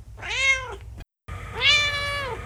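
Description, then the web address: Cat meowing twice: two drawn-out, rising-then-falling meows separated by a brief pause, with faint low background hum. "WOP WOP 2020 Cat Meow"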